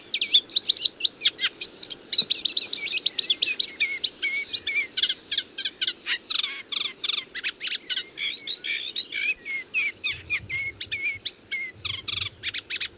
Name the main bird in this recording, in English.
Marsh Warbler